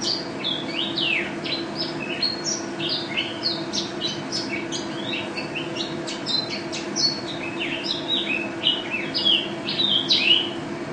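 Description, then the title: White-eye song, a dense, fast stream of sharp high chirps, downslurs and trills, continuous throughout, with a faint steady hum underneath. Contest bird billed as national first-place champion, singing gacor, teler and ropel styles, with canary song as filler (isian kenari); 2015. "Pleci Juara 1 Nasional pleci Gacor juara nasional teler gacor ropel pleci isian kenari 2015"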